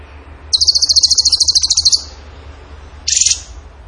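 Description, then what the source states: Bird gives a loud, high, evenly pulsed trill lasting about one and a half seconds, then a short harsh burst after a pause. Vigorous (gacor) singing in the tembakan style, used in masteran training.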